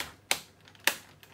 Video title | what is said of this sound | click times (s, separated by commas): [fra] Comparer 2 jouets Goldorak : King Arts VS Sentinel RIOBOT TOYSTV | on entend un clic. Donc ça, c'est très solide. | 0.3 s, 0.9 s